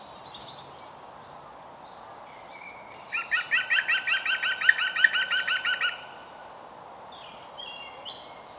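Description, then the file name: European green woodpecker laughing call: a fast, even series of many harsh ringing notes lasting under three seconds, with faint chirps before and after. "Groene Specht Picus viridis"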